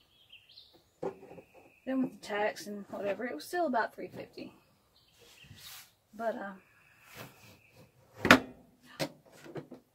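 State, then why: Seated. Someone talks while the plastic lid of a 12 V portable fridge/freezer is closed. Its plastic clip latch snaps shut with a sharp click at 8.2 and 8.3 seconds, and the lid is latched.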